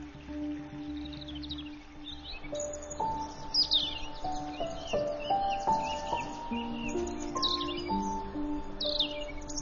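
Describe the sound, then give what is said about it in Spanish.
Robins and nuthatches sing courtship songs in a springtime chorus throughout a forest in the Harz mountains, quick, high chirps and trilling phrases scattered throughout over a steady bed of sustained lower tones. “Los coros de cortejo de petirrojos y trepatroncos resuenan por todo el bosque.”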